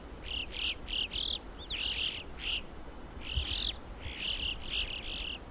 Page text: Christian Brinkman - Альпийская галка (Pyrrhocorax graculus)